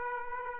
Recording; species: mosquito wingbeat signal from an infrared sensor; Aedes aegypti